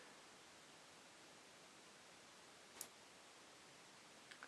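A metal crimp terminal is pushed into a plastic ATX power connector housing on a dummy cable, and at 2.8 s a single sharp, bright click rings out as its small side fins spring out, showing the terminal is seated and anchored. A couple of faint soft ticks follow near the end over an otherwise quiet background.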